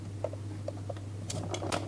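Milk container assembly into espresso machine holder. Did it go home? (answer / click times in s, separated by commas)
no / none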